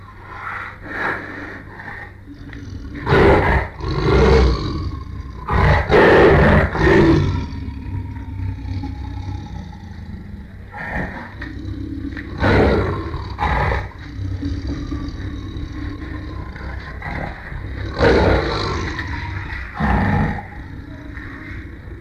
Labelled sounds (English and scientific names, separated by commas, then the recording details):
Tiger (Panthera tigris)
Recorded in captivity
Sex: male
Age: adult
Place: Tierpark Berlin, Berlin, DE
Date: 1959-07-28
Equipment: Smaragd
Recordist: TSA
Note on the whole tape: Satan: Fauchen, Grollen und Knurren. Abstand 2 m. Aufnahmezeit: 7.15-8.30 Uhr